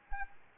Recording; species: mosquito wingbeat signal from an infrared sensor; Anopheles arabiensis